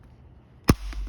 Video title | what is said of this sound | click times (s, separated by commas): How I apply bee feeder plugs #bees #beekeeping | you hear it snap that really seals it where it's only coming out in the holes I want it to now | 0.7 s